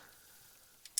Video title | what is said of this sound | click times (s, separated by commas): Installing Performance Camshafts in an 2.0/2.3 Ecoboost Engine | i see a lot of people double click you really don't need to do that torque wrench clicks it's torqued if | 1.0 s